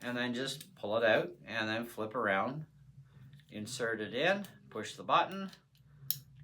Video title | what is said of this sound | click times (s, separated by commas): Zoid Retractable Utility Knife Review Dollarama | let the button go make sure it clicks into place that's it it's that simple | 6.1 s